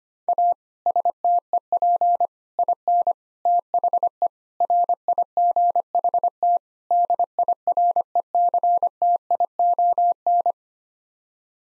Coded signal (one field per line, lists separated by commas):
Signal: Morse code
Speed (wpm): 25 wpm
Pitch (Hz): 700 Hz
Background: none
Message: A STEP IN THE RIGHT DIRECTION